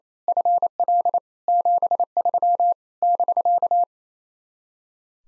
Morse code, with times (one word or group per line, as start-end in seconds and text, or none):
0.3-1.2 FL
1.5-2.7 73
3.0-3.8 <BK>